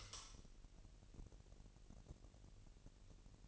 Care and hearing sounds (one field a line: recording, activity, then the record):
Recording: daily activity, microphone in the room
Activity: light on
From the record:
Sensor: 4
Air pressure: 1002.7 hPa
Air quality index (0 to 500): 249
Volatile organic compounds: 18 ppm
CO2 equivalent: 2604 ppm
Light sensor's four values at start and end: 6/13/5/5 and 7/16/6/6